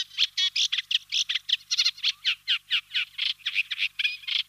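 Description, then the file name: Eurasian reed warbler song: a steady run of chattering, grating notes, each element repeated two or three times in a rhythmic, jerky sequence, with no other sounds. "Reed Warbler Acrocephalus scirpaceus"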